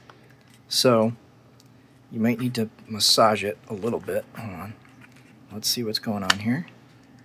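A 3D-printed plastic lid is handled over a 3D-printed plastic case for a MagSafe Meshtastic radio node: it is tilted toward the SMA antenna connector and worked down around the sides in a tight fit. Someone talks throughout, with only a few faint handling ticks between phrases. Nothing has seated or clicked yet.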